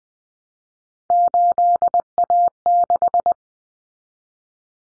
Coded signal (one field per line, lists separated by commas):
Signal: Morse code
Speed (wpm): 20 wpm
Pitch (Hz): 700 Hz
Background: none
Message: 8A6